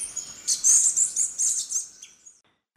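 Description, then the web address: Ochre-breasted tanager calls, a brief burst of high, scratchy chattering notes that fades out. Ecuador. "Natures Songs S America Birds of Ecuador Ochre-breasted Tanager"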